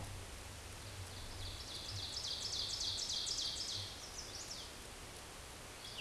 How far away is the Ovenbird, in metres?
about 30 m